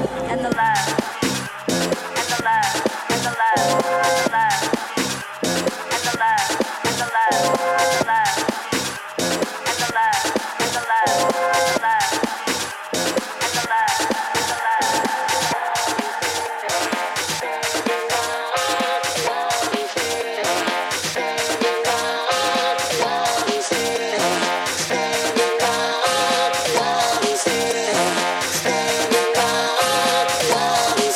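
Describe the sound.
Loud, steady dance music with a fast, regular thumping beat and bright synth melodies, getting busier and brighter in the second half.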